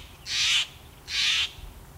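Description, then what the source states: Steller's jay giving two loud, harsh, rasping calls about 0.8 seconds apart, each a short broad burst, against a quiet background. Loud, raucous call; a common jay of the western states.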